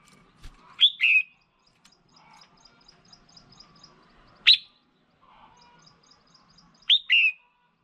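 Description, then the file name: Red-whiskered bulbul giving sharp two-part calls and a single rising note, spaced a few seconds apart, with faint high ticking behind. Female bird. "Tieng chao mao mai"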